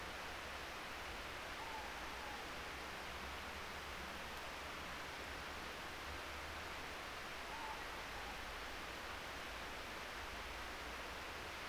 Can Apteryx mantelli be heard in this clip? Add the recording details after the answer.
no. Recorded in New Zealand on 3 December 2013. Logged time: 04:27. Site DF60